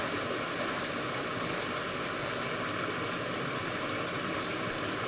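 Nesobia mjobergi call: shrill high pulses, longer ones alternating with short ones, a brief pause, then a few more, over continuous hiss.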